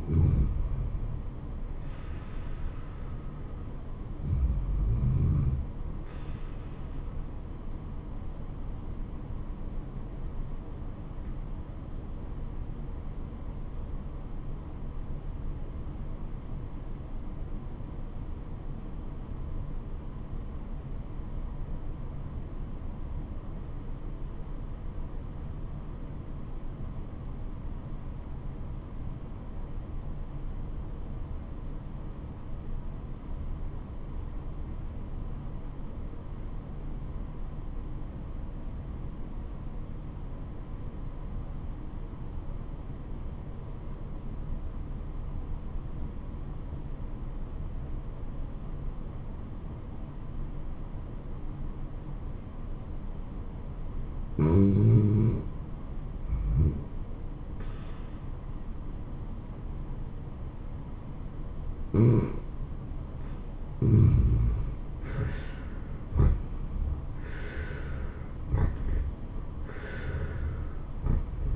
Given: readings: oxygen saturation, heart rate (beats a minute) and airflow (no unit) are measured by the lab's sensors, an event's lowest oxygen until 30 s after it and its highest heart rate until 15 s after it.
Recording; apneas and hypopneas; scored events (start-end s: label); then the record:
breathing in sleep by a smartphone at the bedside; 1
11.00-56.00 s: obstructive apnea (REM, oxygen 97% highest, then 70% lowest, heart rate 86 at the start, 90 highest)
From the record:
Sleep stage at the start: REM sleep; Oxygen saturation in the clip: 72 to 97%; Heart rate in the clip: 66 to 92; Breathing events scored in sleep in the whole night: 426 in 7.4 hours asleep